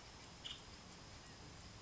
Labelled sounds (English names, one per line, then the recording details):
Nuttall's Woodpecker
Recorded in Sonoma County, California